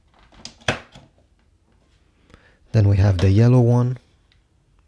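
A cyan plastic Brother LC401 ink cartridge is aligned tube first and pushed in with a finger into the cartridge bay of an inkjet printer. Light plastic handling taps lead up to a sharp click at 0.7 s as the cartridge latches into place. Someone then talks briefly, and a few faint taps follow.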